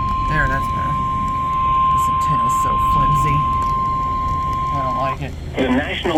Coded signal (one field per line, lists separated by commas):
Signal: Emergency Alert System (SAME) tones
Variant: 1050 Hz attention tone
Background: speech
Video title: HELLO SUMMER 2024.... EAS Alerts from 6/5-6/24 (New EAS 480-487*) (READ DESC)